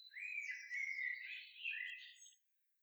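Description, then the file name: Common blackbird giving a continuous, soft, warbled run of whistled notes. "Turdus merula"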